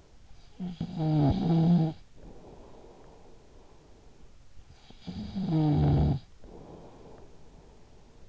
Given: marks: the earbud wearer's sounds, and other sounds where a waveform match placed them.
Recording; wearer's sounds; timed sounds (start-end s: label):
sounds in sleep by an in-ear microphone; snoring breath
0.29-8.29 s: snoring breath